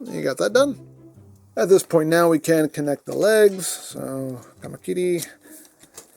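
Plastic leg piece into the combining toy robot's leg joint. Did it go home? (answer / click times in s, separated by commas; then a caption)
yes / 6.0 s. A plastic combiner piece called the kitty is pushed onto the leg assembly of a combining toy robot to connect the legs. Someone talks at first, then a quiet moment is followed by a small tick at 5.8 s and a sharper click at 6.0 s as the piece snaps into place.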